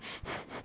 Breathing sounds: one breath in and out by a microphone near the nose and mouth; strong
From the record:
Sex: male

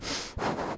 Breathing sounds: one breath in and out by a microphone near the nose and mouth; strong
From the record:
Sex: male

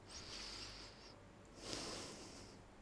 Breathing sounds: one breath in and out by a microphone near the nose and mouth; deep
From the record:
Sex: male

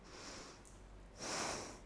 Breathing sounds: one breath in and out by a microphone near the nose and mouth; deep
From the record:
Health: marked as sick, illness not named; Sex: female

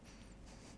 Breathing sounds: one breath in and out by a microphone near the nose and mouth; strong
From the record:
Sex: male

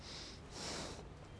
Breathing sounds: one breath in and out by a microphone near the nose and mouth; strong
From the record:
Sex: male

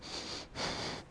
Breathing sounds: one breath in and out by a microphone near the nose and mouth; strong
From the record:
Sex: male

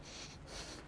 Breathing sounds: one breath in and out by a microphone near the nose and mouth; strong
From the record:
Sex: male

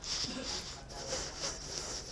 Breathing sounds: one breath in and out by a microphone near the nose and mouth; strong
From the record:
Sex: male

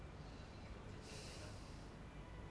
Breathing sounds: one breath in and out by a microphone near the nose and mouth; normal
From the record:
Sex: male

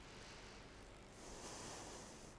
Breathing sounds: one breath in and out by a microphone near the nose and mouth; deep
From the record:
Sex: female

